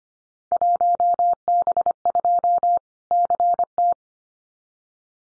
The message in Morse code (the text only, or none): 1B2 CT